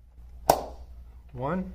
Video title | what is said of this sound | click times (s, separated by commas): Installing the axle & wheels to Beach Cart Folding Mini | and next put on the wheels until you hear a click | 0.5 s